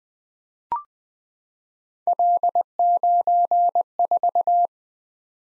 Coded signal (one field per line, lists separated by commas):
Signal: Morse code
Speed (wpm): 20 wpm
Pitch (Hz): 700 Hz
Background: none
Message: L94